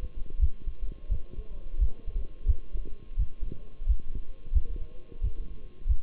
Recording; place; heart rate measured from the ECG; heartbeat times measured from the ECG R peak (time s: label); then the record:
heart sounds by stethoscope; between the tricuspid and mitral areas; 88 bpm
0.41 s: heartbeat
1.11 s: heartbeat
1.80 s: heartbeat
2.47 s: heartbeat
3.18 s: heartbeat
3.88 s: heartbeat
4.54 s: heartbeat
5.23 s: heartbeat
5.88 s: heartbeat
From the record:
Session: Bruce protocol treadmill stress test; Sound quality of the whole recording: partially saturated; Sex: male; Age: 23 years